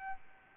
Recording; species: mosquito wingbeat signal from an infrared sensor; Aedes albopictus